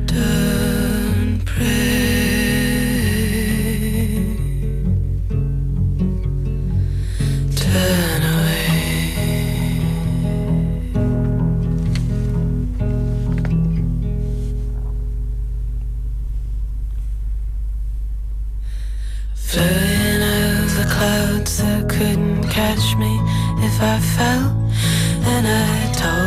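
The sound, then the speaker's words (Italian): A country folk song plays with a steady low bass line and bright, layered melodic lines; the arrangement thins out midway, then returns fuller and louder for the final stretch. “Anche questo è abbastanza country folk.”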